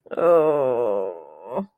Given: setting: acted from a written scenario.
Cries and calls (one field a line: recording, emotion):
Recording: vocal sound without words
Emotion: shame